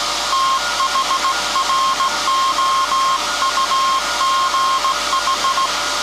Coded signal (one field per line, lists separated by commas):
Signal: Morse code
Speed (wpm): 17 wpm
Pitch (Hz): 1070 Hz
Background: none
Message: THROUGH